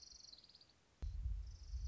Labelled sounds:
Orange-crowned Warbler (Leiothlypis celata)

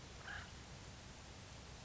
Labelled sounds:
Acorn Woodpecker (Melanerpes formicivorus)

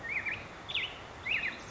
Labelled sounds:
Black-headed Grosbeak (Pheucticus melanocephalus)

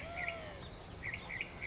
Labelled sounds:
California Towhee (Melozone crissalis)

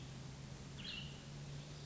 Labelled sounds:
Cassin's Vireo (Vireo cassinii)

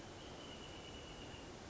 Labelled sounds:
Wrentit (Chamaea fasciata)

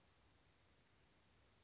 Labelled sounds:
Chestnut-backed Chickadee (Poecile rufescens)

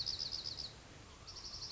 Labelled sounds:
Dark-eyed Junco (Junco hyemalis)

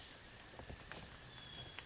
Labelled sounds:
Western Flycatcher (Empidonax difficilis)

